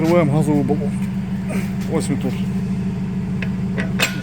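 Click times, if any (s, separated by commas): 3.4 s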